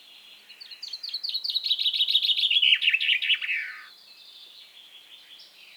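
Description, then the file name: Common chaffinch song: a cascading series of rapid notes dropping in pitch, building in loudness, then closing with a short downward trill. "Fringilla coelebs"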